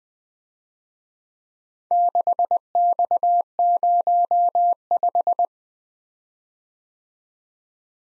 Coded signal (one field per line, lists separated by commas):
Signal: Morse code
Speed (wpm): 19 wpm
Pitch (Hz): 700 Hz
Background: none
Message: 6X05